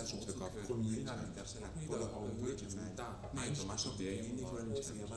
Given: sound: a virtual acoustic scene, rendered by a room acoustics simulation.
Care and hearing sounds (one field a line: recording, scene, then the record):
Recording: noise of the scene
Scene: underground station, no trains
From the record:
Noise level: 70 dB SPL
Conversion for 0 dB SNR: 0.7 dB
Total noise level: 70.7 dB SPL